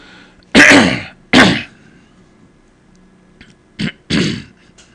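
Four short, harsh hacking bursts of forceful throat clearing, two strong ones followed by a weaker pair, in a quiet room. Repeated throat clearing like this fits sensory neuropathic cough, a chronic urge to clear the throat driven by an oversensitive larynx; there is a constant feeling of something in the throat to get out, and heavy breathing in the cold sets off hacking all day.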